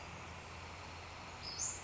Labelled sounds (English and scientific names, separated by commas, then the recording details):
Western Flycatcher (Empidonax difficilis)
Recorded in Sonoma County, California